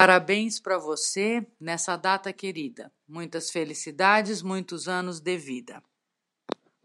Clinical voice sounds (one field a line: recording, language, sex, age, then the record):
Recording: short text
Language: Brazilian Portuguese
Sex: female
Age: 60 to 69 years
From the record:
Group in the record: control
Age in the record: 61 years